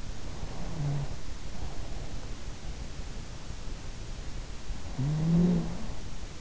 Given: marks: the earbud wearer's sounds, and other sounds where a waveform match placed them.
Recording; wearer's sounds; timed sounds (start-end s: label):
sounds in sleep by an in-ear microphone; snoring breath
0.33-1.24 s: snoring breath
4.51-6.41 s: snoring breath